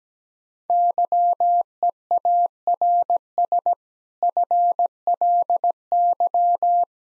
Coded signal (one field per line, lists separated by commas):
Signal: Morse code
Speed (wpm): 17 wpm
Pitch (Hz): 700 Hz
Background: none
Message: YEARS FLY